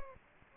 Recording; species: mosquito wingbeat signal from an infrared sensor; Anopheles gambiae